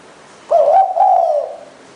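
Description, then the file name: Spotted dove giving one drawn-out, husky coo that rises briefly then levels and fades. "นกเขาใหญ่"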